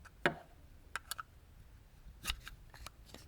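A metal mechanical emergency key blade is pushed back into the plastic key fob of a Hyundai (Sonata, Elantra, Tucson, Grandeur, Azera or Kona), giving a sharp latching click at 0.3 s. A few lighter plastic clicks and taps follow near 1.0, 1.1, 1.2, 2.3 and 2.5 s. The key blade is seated and latched in the fob.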